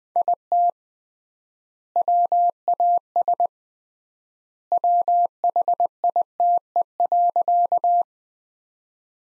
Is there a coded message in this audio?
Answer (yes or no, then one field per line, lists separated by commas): yes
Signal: Morse code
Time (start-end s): 0.2-8.0 s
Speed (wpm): 21 wpm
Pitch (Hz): 700 Hz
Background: none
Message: IT WAS WHITE.